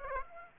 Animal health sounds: mosquito wingbeat signal from an infrared sensor; Aedes aegypti

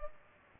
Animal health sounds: mosquito wingbeat signal from an infrared sensor; Culex pipiens

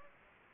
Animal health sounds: mosquito wingbeat signal from an infrared sensor; Anopheles gambiae

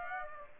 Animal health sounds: mosquito wingbeat signal from an infrared sensor; Aedes aegypti

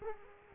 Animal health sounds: mosquito wingbeat signal from an infrared sensor; Culex quinquefasciatus

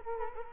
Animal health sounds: mosquito wingbeat signal from an infrared sensor; Culex quinquefasciatus

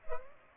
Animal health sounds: mosquito wingbeat signal from an infrared sensor; Culex pipiens

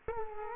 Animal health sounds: mosquito wingbeat signal from an infrared sensor; Culex quinquefasciatus

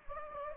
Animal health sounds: mosquito wingbeat signal from an infrared sensor; Anopheles gambiae

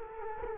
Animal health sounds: mosquito wingbeat signal from an infrared sensor; Culex quinquefasciatus

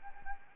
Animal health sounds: mosquito wingbeat signal from an infrared sensor; Anopheles arabiensis

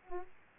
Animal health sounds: mosquito wingbeat signal from an infrared sensor; Aedes aegypti

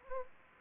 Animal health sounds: mosquito wingbeat signal from an infrared sensor; Anopheles arabiensis

